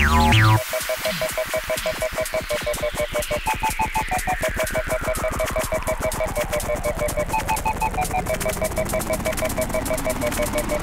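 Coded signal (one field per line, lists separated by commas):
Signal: none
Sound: electronic music synth beeps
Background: speech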